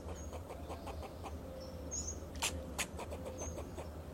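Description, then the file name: Fox squirrel uttering rapid clicking notes, then two loud, abrupt chucks in the second half, with short bird chirps and a persistent low hum behind. "Sound of a Fox Squirrel"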